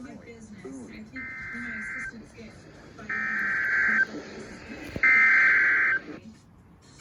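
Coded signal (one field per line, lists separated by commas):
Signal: Emergency Alert System (SAME) tones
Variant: header bursts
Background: speech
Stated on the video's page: Severe thunderstorm warning relayed on an FM station and NOAA Weather Radio transmitter KXI41.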